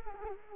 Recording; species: mosquito wingbeat signal from an infrared sensor; Culex quinquefasciatus